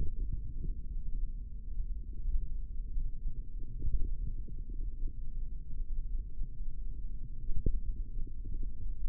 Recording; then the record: forearm muscle sounds (acoustic myography)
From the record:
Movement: hand opening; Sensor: system 3, bracelet of six PUI Audio POM-2738L microphones around the upper forearm, with dedicated amplification and filtering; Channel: 3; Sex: male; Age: 25 years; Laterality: right